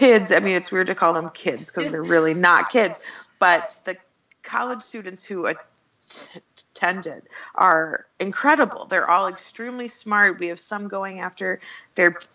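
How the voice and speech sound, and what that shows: An adult woman who stutters speaks conversationally; her speech is broken by long silent blocks and stretched vowels mid-phrase, typical of stuttering.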